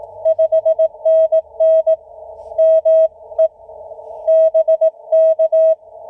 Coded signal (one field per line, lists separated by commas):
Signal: Morse code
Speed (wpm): 18 wpm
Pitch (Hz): 1290 Hz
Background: none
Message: 5NN ME BK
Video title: POTA Activation, US-4954 Russell-Shea State Forest